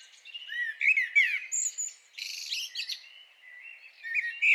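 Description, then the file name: Common blackbird warbling, with a burst of harsh high chattering in the middle. "Turdus merula"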